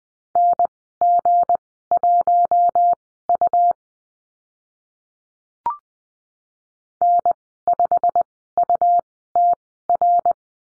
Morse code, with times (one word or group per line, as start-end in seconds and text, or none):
0.4-3.7 NG1U
7.0-10.3 N5UTR